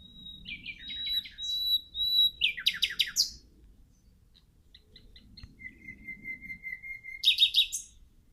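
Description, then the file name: Common nightingale with clear whistled notes followed by a loud, buzzy, rapid trill, a pause with faint chips, then a long whistle and another fast trill. "Luscinia megarhynchos"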